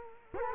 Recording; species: mosquito wingbeat signal from an infrared sensor; Culex quinquefasciatus